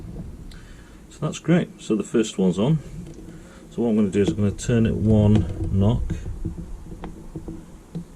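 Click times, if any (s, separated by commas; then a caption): 7.0 s. Someone talks while rotating the arrow in the indexing nock holder of an arrow fletching jig by one index step, after the first fletching is on. A sharp click at 7.0 s marks the detent seating in the next position, leaving the arrow ready for the next fletching.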